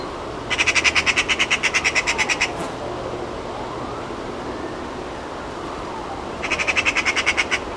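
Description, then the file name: Eurasian magpie chatter: a long dry rattle of rapid scratchy notes lasting two seconds, then quiet, then another shorter rattle near the end. "Pica pica"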